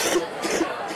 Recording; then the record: coughing mixed with background sound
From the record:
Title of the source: 61 morning phlegmy cough...again